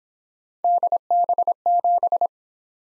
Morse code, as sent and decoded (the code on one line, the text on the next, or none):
-.. -... --...
DB7